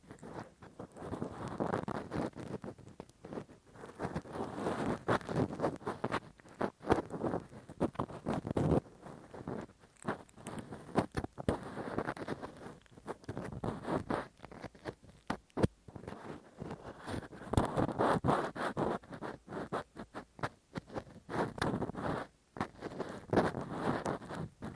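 Rough, deep ear cleaning with a Q-tip and ear pick: dense, continuous scratching and rubbing that rarely pauses, mostly low and muffled with brighter crackly edges. Frequent short scrapes and gritty bursts come in quick irregular strokes, with brief near-silent gaps around ten and twenty-two seconds.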